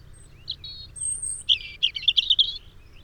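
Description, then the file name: European robin delivering a thin, high phrase: a few scattered notes and a very high whistle, followed by a rapid series of repeated chippy notes over faint background hiss. "Erithacus rubecula"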